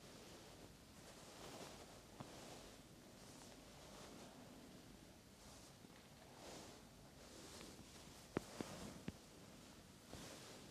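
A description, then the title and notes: Steady swishing of hands rubbing during a massage, swelling and fading every second or two, with a few sharp clicks near the end. ASMR Face, Back and Neck Massage.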